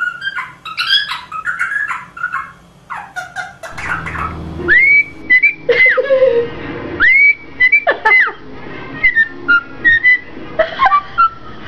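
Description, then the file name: Rosella whistling: sweet upslurred and level whistles repeated in quick phrases, mixed with harsher rasping bursts and soft chatter. "Canto da Rosela"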